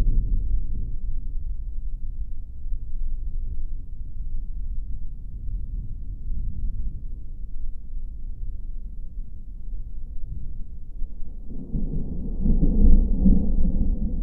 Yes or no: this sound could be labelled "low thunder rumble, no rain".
yes